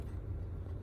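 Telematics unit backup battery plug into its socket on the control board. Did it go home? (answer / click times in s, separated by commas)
no / none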